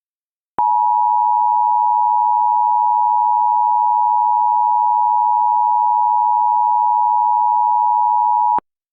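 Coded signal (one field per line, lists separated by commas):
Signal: Emergency Alert System (SAME) tones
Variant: 853 and 960 Hz attention tone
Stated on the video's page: Mock EAS Required Monthly Test for all of Texas, using valid EAS tones.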